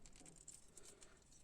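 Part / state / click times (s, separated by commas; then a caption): plastic foot piece on a model kit leg / not seated / none. A plastic foot piece is handled against the leg of a plastic model kit figure, a Bandai Entry Grade Strike Gundam. Light tapping and rubbing clicks are heard at about 0.3, 0.5 and 0.8 seconds. The foot has not clipped in or seated yet.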